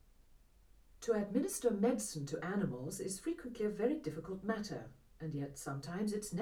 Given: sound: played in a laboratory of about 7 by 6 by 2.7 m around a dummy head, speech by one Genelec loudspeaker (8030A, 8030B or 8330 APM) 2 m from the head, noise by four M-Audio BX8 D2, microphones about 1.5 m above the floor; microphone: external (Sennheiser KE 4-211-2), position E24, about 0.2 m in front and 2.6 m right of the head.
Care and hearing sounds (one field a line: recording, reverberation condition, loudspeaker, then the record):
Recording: female speech in English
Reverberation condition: low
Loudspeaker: 60 degrees to the left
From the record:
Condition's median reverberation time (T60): about 310 ms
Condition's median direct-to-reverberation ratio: about 3.5 dB